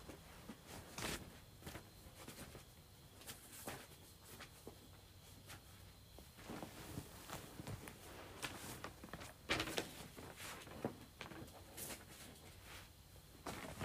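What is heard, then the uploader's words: Various items are moved around, making a steady run of short knocks, scrapes and clunks roughly every second, some louder thumps near 1, 3.5, 9.5 and 12 seconds. A faint steady tone and low rumble sit underneath throughout. ASMR Moving Various Items Around.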